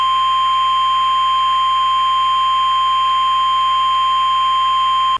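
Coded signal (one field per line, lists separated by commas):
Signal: Emergency Alert System (SAME) tones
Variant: 1050 Hz attention tone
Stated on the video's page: Fictional EAS scenario alert about soup contamination, with alerts from made-up agencies.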